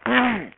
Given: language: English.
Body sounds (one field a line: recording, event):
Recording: throat vibration sensor signal played as sound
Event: throat clearing